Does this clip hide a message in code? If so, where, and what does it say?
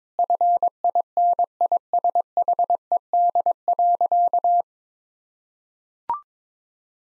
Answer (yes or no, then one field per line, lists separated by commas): yes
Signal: Morse code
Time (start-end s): 0.2-4.6 s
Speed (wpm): 22 wpm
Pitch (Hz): 700 Hz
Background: none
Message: FINISHED.